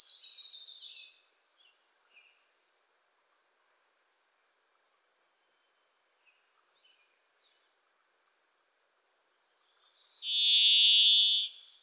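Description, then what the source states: Varied thrush song: a rapid chattering series of another bird opens, then after long quiet a loud, steady, buzzy whistled note near the end. Varied Thrush visiting the recordist in a Pacific Northwest forest; voice likened to crying 'Listen. Listen. Listen.'; a Wilson's Warbler sings alongside; unmastered recording.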